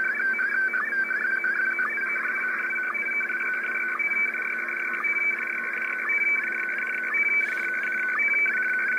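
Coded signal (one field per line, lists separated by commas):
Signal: SSTV (slow-scan television)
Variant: Scottie DX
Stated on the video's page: SSTV general call on 7165 kHz at 5 and 100 watts, monitored through a German web SDR 2000 km away.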